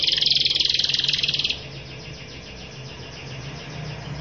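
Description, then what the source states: Canary giving a loud, very fast rattling trill for about one and a half seconds, then only faint high notes. Canary in long, vigorous continuous singing ('gacor panjang'), with a fancy ('mewah') cengkok song-phrasing style.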